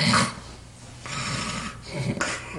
Someone snoring during sleep.